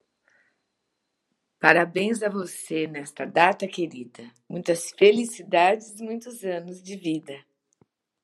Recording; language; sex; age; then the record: short text; Brazilian Portuguese; female; 60 to 69 years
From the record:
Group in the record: control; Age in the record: 64 years